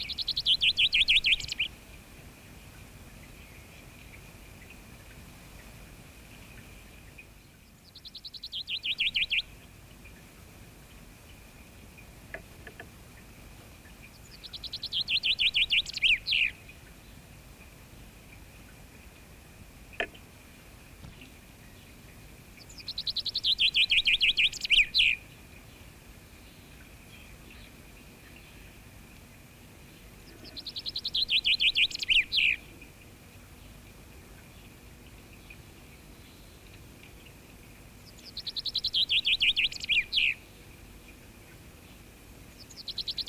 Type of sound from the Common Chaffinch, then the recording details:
song. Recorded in the wild. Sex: male. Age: adult. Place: Goslar, OT Hahnenklee, Oberharz, Niedersachsen, DE. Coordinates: 51.8639, 10.3408. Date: 1965-04-11. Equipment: Uher 4000 Report-S, Bändchenmikro Beyer M 260, Parabolspiegel Polyester (470 mm). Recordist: Conrads, Klaus